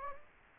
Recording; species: mosquito wingbeat signal from an infrared sensor; Anopheles gambiae